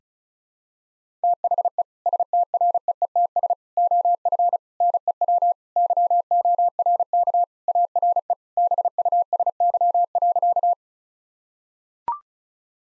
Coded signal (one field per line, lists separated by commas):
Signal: Morse code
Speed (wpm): 34 wpm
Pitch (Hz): 700 Hz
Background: none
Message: THE STREETS OF NEW YORK ARE BUSY.